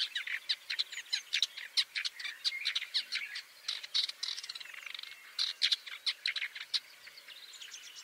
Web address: sound Woodchat-shrike